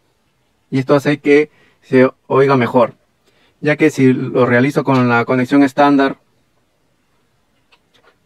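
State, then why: Partly seated. A lavalier microphone's 3.5 mm plug is pushed straight into the device's audio socket using the standard connection, with no adapter. Someone talks for most of the clip, then a faint click is heard at 7.7 s. The plug clicks in but doesn't seat well, with a lot of play that leaves it loose to the touch.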